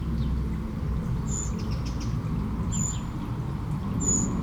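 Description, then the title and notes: Eurasian blackbird giving three thin, high call notes spaced over a few seconds, with a steady low rush of water beneath. One blackbird beside a small stream in Aveize, France, 12 July 2017; recorded with DPA-2006c microphones in AB position into a MixPre-3. "69610 Aveize, France - Merle - Blackbird. 20170712-Merle et ruisseau. Bord de ruisseau, un merle, quelques mouches, des avions au loin"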